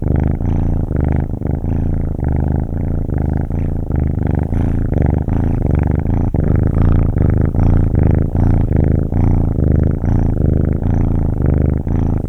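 Cat: kitten purr, a low continuous rumble pulsing with each breath, steady and unbroken.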